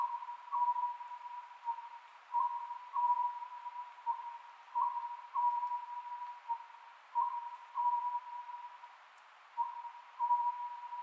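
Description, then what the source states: Oriental scops owl repeating a short, hollow multi-note phrase about every two and a half seconds, over a steady background tone. Recorded 27 May 2010 at 22:21, at night.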